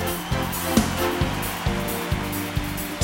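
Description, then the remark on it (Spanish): An audience at a live show applauds the technicians and crew in a dense, steady wash of clapping that holds at an even level, with a regular low thumping beat pulsing underneath. “A todos los que hacen posible estar aquí esta noche, a los técnicos, a toda la gente que estuvo aquí mojándose y trabajando, todo mi cariño, mi especial agradecimiento, y ahí va ese aplauso que es de ustedes, para ellos.”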